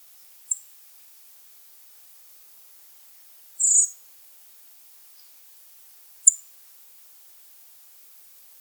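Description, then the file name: Common blackbird calls: three thin, very high, brief notes spaced a few seconds apart, the middle one slightly longer, over near silence. "Turdus merula"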